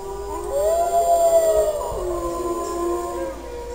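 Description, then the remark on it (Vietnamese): A wolf and a man howling together, the man with hands cupped to his mouth: two long, drawn-out howls overlap, their pitches sliding up and gently falling in a steady, moderately loud wail over faint background hiss, with no talking. “khum hai tay lên miệng, ngẩng cao đầu hú lên theo Lang Vương. Một người, một sói.”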